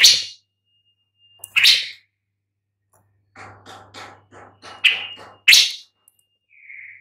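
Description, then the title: Long-tailed shrike producing loud rasping calls separated by a soft series of quieter scratchy notes, and a short whistled note at the end. "Lanius Schach Sun"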